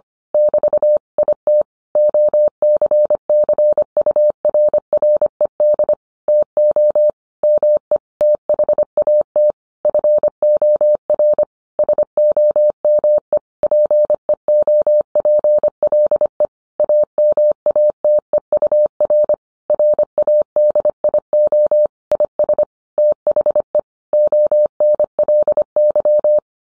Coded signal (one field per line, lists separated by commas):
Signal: Morse code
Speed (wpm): 25 wpm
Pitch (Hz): 600 Hz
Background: none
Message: <BT> IT OCCURRED TO ME THAT FOR SOME PEOPLE AMATEUR RADIO IS THE ONLY